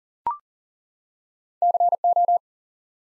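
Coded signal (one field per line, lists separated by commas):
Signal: Morse code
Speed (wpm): 41 wpm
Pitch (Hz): 700 Hz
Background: none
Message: CO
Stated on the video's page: Morse head-copy drill of ARRL section abbreviations used in Field Day exchanges, at 40 wpm, each sent, then spoken, then sent again.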